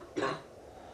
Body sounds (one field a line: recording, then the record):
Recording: coughing mixed with background sound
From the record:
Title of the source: female coughing - coughing sound effects girl